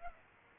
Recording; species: mosquito wingbeat signal from an infrared sensor; Aedes aegypti